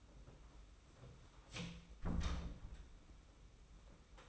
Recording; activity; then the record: daily activity, microphone in the room; close door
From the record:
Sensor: 1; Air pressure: 991.6 hPa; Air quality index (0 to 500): 125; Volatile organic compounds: 283 ppm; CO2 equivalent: 4443 ppm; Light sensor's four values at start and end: 33/109/42/44 and 33/109/43/44